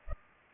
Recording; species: mosquito wingbeat signal from an infrared sensor; Culex pipiens